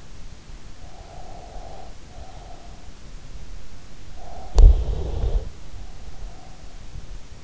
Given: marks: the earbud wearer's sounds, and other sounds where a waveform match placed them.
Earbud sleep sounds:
sounds in sleep by an in-ear microphone; breath, body movement
0.80-3.58 s: breath
4.22-7.13 s: breath
4.53-5.70 s: body movement

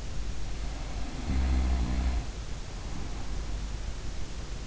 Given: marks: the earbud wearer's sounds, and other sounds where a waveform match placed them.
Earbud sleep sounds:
sounds in sleep by an in-ear microphone; snoring breath
0.48-3.70 s: snoring breath

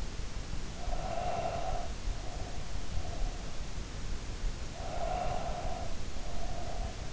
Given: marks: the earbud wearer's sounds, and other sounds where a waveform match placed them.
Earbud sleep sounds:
sounds in sleep by an in-ear microphone; breath
0.75-3.53 s: breath
4.65-7.13 s: breath

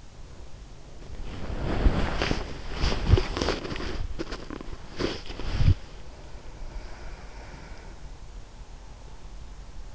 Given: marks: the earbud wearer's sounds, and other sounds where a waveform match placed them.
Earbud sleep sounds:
sounds in sleep by an in-ear microphone; body movement
0.00-8.14 s: body movement

